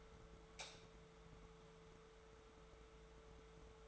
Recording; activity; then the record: daily activity, microphone in the room; light on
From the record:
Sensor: 3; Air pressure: 1014.6 hPa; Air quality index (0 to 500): 184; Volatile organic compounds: 20 ppm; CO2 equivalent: 2680 ppm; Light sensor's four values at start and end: 15/38/15/16 and 19/51/21/21